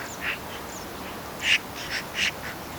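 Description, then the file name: Eurasian magpie making a few short, grating calls spaced unevenly over under three seconds, with faint high whistled notes in the background. "Pica pica"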